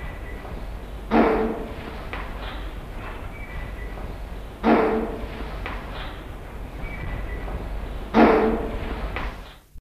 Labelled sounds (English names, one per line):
King Vulture call